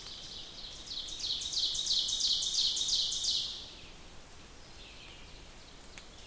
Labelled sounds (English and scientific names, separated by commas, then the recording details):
Ovenbird (Seiurus aurocapilla) song
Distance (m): 40 m
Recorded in boreal forest in Alberta, Canada, on 2 June 2016 at 08:58
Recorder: SongMeter 3, array SBT-3-7
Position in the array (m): -15 m, 73 m
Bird 7